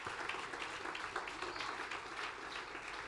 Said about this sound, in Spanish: Fuerte ese aplauso de alabanza al Señor.